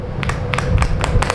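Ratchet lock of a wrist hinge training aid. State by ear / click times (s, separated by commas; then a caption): seated / 0.2 s, 0.5 s, 0.6 s, 1.0 s, 1.2 s, 1.3 s. As the wrist is bent further back in a wrist hinge training aid, its ratchet lock gives sharp, short clicks at 0.2, 0.5, 0.6, 1.0, 1.2 and 1.3 seconds over a steady low hum. Each click steps the lock to a new locked position, and the further the wrist bends, the more clicks sound.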